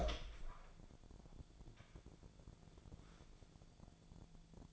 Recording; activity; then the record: daily activity, microphone in the room; open door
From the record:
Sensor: 5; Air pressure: 1000.4 hPa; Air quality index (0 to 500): 156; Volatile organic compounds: 2 ppm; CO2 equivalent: 1198 ppm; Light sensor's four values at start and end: 50/117/49/53 and 50/117/49/53